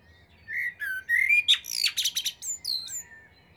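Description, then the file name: Common blackbird song: a mellow fluted warble around low pitch, rising into a squeaky, high twittering flourish of rapid notes at the end. "Turdus merula"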